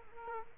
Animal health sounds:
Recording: mosquito wingbeat signal from an infrared sensor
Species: Culex quinquefasciatus

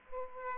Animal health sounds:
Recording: mosquito wingbeat signal from an infrared sensor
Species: Aedes aegypti

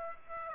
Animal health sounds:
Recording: mosquito wingbeat signal from an infrared sensor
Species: Aedes aegypti

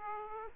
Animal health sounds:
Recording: mosquito wingbeat signal from an infrared sensor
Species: Aedes aegypti

